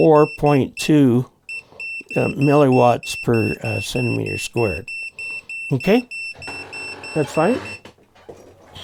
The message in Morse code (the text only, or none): none